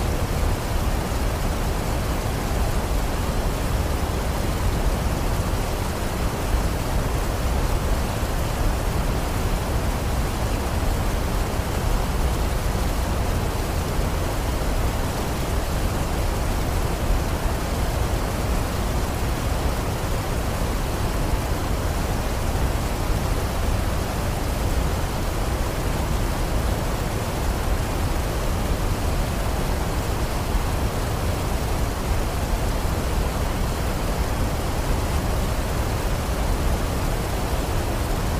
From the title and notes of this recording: Peaceful Waterfall Sounds White Noise.